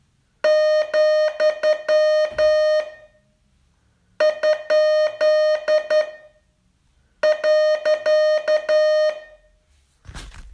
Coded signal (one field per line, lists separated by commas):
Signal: Morse code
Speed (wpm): 9 wpm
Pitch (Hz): 610 Hz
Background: none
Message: , ? .